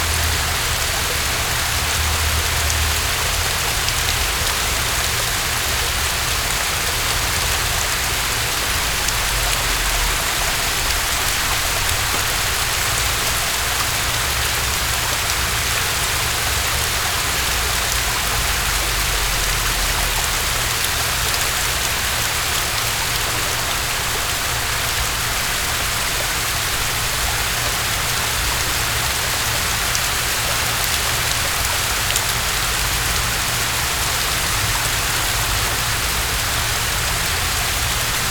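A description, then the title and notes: An indoor fountain splashes in a steady, dense hiss of falling water, bright and unchanging, with a faint low rumble underneath throughout. Crisp Splashes of Indoor Fountain.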